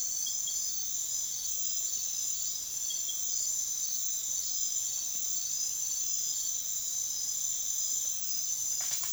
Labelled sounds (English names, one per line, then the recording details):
none
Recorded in secondary vegetation near Puerto Asís, Putumayo, Colombia, on 24 June 2025 at 01:30
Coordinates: 0.500, -76.326
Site GP08